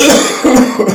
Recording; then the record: coughing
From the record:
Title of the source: Spring Cold Coughing 3